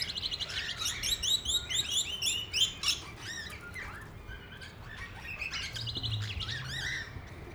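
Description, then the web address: Parrots giving fast repeated chirps and rising squeaks in quick runs, a low hum and a brief low tone near the end. Parrots at Nyíregyháza Zoo, recorded in 2010 on the green pyramid. "nyiregyhazizoo 2010 standardt madarak papagajokazoldpiramistetejen"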